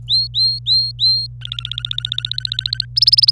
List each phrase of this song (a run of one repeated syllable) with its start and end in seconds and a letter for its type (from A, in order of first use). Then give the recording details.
0.08-1.27 A, 1.41-2.85 B, 2.96-3.31 C. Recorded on 26 April 2018 at 12:33. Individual llb3